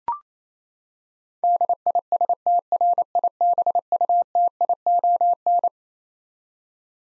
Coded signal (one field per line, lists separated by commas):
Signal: Morse code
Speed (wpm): 28 wpm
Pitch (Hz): 700 Hz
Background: none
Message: DISTRIBUTION